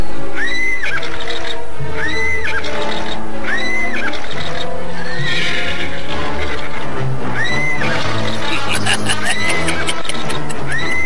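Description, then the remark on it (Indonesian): A wild horse, with a rider leaping onto its back, neighs and rages, letting out loud, shrill whinnies again and again at a steady pace over a thick, rumbling, busy background. “Sambil memondong Kayan Manggala, Prabu Sora melenting dan kemudian hinggap di atas punggung kuda yang ternyata telah siap menyambutnya dengan amukannya.”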